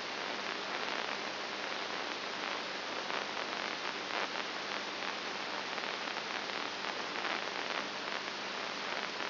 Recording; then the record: brain microelectrode recording played as sound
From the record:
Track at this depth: inside the subthalamic nucleus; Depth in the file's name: 3.101 mm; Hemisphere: right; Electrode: 2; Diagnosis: Parkinson's disease